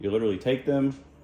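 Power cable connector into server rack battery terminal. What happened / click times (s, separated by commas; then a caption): Handled, not yet home: connector not yet seated / none. An Amphenol-style power lead connector is handled near the terminal of a SunGold Power CoreX5 Pro 100Ah 48V server rack battery while someone talks. Nothing has seated or clicked yet; the connector is not yet pushed home.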